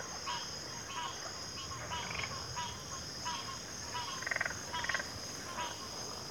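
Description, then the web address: Crickets in a steady high chorus, with frequent croaking frog calls and a few rattling bursts over it. Cricket chorus in a backwater. "WLL Grade 1-12 Pre-Uni Library Enter Natures Songs Sleep Sounds of Nature CRICKETS Backwater Chorus"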